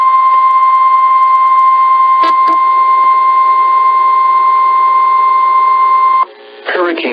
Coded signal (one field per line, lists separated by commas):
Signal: Emergency Alert System (SAME) tones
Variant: 1050 Hz attention tone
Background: speech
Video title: EAS Hurricane Warning and Tropical Storm Warning Florida NOAA Weather Radio KIH26 +WeatherSTAR4000